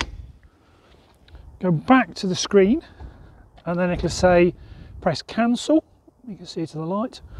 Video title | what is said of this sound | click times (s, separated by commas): How to charge an Electric Vehicle with CHAdaMO and ac at public chargers. | and again you just plug it in so it's upright and square pushing until it clicks | 0.0 s